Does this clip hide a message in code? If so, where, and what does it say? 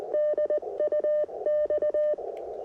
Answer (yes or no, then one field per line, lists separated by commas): yes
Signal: Morse code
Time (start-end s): 0.1-2.1 s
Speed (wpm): 20 wpm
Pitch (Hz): 600 Hz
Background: none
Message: DUX